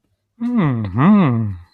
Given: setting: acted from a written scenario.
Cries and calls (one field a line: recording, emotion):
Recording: vocal sound without words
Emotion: interest